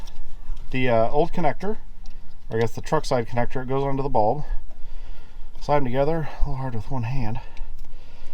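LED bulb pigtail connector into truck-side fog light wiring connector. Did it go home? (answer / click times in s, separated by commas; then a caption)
no / none. Someone talks while handling the truck-side fog light wiring connector and the LED fog bulb's pigtail connector, pushing them together, which is a little hard with one hand. Nothing has seated or clicked yet.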